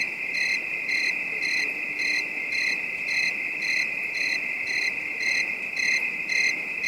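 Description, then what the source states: Cricket chorus in a continuous high-pitched trill, with sharper chirps pulsing roughly every half second in an even rhythm against faint background noise. Calm, distant night bed of high-pitched crickets.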